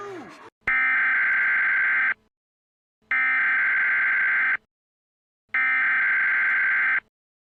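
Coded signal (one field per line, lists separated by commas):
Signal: Emergency Alert System (SAME) tones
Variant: header bursts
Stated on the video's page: Fictional EAS scenario, a Fourth of July special, not a real alert.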